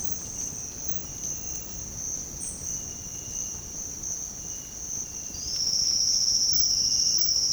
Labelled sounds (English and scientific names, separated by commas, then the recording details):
none
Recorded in secondary vegetation near Puerto Asís, Putumayo, Colombia, on 18 February 2024 at 07:00
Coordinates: 0.468, -76.324
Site G6381